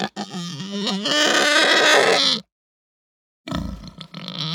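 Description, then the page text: Pig squealing in a long, strained, rising cry, then a pause, followed by rough, noisy grunting. Hampshire breed pig; groaning and squealing, ramping up. "Hampshire Pig Groan Squeal Hung Ramp Up. Quick Sounds"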